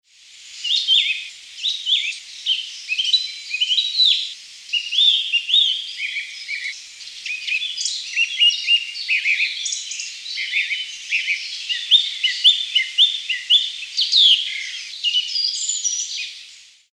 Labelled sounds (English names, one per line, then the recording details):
Song Thrush
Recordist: Tembrock, Günter
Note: Gesang